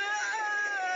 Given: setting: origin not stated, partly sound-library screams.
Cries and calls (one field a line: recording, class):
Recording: one-second piece from a danger detection set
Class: woman in danger